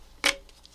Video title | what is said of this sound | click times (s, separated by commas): TOZO NC9 ANC Earbuds Review 2024 | They snap right into place, but they're easy to take out. | 0.3 s